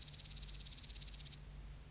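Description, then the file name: Common green grasshopper stridulation, a short burst of quick, high ticks that runs for over a second and then stops, leaving quiet behind. "Omocestus viridulus"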